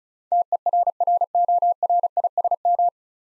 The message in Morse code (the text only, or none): TERRORISM